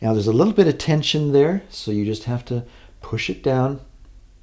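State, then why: Not seated. An SD memory card is pushed down against spring tension into a camera's card slot while someone talks. No click is heard, and the card has not seated or clicked into place yet.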